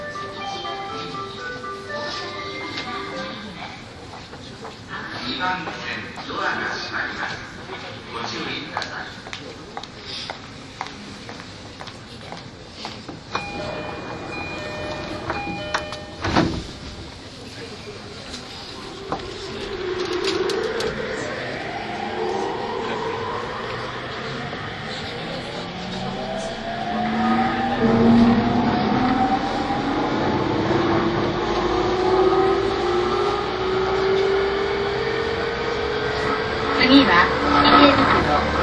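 A Yamanote Line E231 train runs with a busy mix of voices and tones, then a rising electric motor whine swells after twenty seconds.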